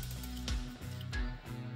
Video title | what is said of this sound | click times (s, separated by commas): Patriot Prime Reviews Transformers Legacy Evolution Bombshell | all the way in to where that'll snap in place | 0.5 s